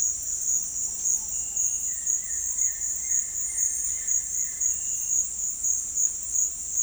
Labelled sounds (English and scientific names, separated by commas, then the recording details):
White-shouldered Antbird (Akletos melanoceps)
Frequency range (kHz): White-shouldered Antbird (Akletos melanoceps) 1.4-2.6 kHz
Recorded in dense forest near Puerto Asís, Putumayo, Colombia, on 20 February 2024 at 07:30
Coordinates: 0.484, -76.317
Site G6464